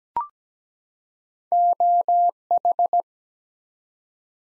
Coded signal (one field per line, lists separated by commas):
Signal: Morse code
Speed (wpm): 17 wpm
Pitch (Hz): 700 Hz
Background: none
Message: OH